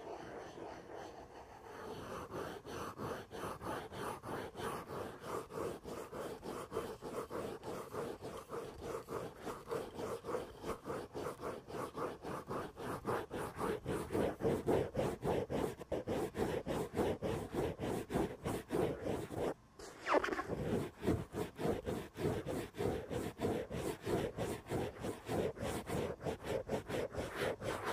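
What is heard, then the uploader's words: Rapid rubbing and scratching against a foam-covered microphone continues for the whole clip in a fast, even rhythm of dense strokes. The sound is mostly muffled and mid-pitched, with a brief pause just before the twenty-second mark before it resumes slightly louder. Sounds like: having your shaved head rubbed in a circle, tracing a kneecap under leggings, scratching the elbow pad of an old sweater. ASMR pens and implements // mic touching // foam cover.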